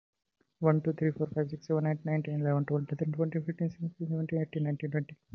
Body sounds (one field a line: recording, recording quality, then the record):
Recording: counting at a fast pace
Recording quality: excellent, no background noise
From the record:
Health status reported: healthy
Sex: male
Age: 25 years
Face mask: not worn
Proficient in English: yes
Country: India